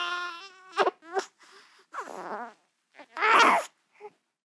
Baby Cry.